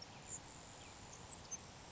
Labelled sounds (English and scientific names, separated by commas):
Grasshopper Sparrow (Ammodramus savannarum)